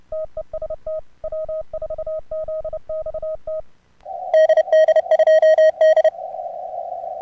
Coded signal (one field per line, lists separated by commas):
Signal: Morse code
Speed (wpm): 30 wpm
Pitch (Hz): 620 Hz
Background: radio noise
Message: TEST W4ZXT DD2D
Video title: 2023 ARRL DX CONTEST #2